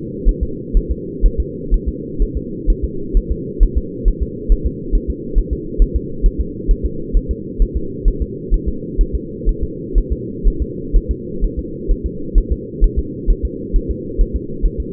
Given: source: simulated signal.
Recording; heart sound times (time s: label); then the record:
fetal heart sounds
0.29 s: S1
0.43 s: S2
0.77 s: S1
0.91 s: S2
1.26 s: S1
1.40 s: S2
1.74 s: S1
1.88 s: S2
2.22 s: S1
2.37 s: S2
2.70 s: S1
2.84 s: S2
3.17 s: S1
3.31 s: S2
3.63 s: S1
3.78 s: S2
4.08 s: S1
4.22 s: S2
4.52 s: S1
4.66 s: S2
4.95 s: S1
5.10 s: S2
5.38 s: S1
5.53 s: S2
5.82 s: S1
5.96 s: S2
6.26 s: S1
6.41 s: S2
6.71 s: S1
6.86 s: S2
7.17 s: S1
7.31 s: S2
7.62 s: S1
7.77 s: S2
8.08 s: S1
8.22 s: S2
8.54 s: S1
8.68 s: S2
9.01 s: S1
9.15 s: S2
9.49 s: S1
9.63 s: S2
9.98 s: S1
10.12 s: S2
10.48 s: S1
10.62 s: S2
10.96 s: S1
11.11 s: S2
11.44 s: S1
11.59 s: S2
11.91 s: S1
12.06 s: S2
12.38 s: S1
12.52 s: S2
12.84 s: S1
12.99 s: S2
13.30 s: S1
13.45 s: S2
13.76 s: S1
13.91 s: S2
14.21 s: S1
14.36 s: S2
14.66 s: S1
14.80 s: S2
From the record:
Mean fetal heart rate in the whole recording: 130 bpm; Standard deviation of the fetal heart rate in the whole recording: 4 bpm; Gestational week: 38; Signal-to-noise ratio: -4.3 dB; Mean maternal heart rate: 72 bpm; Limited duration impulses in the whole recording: absent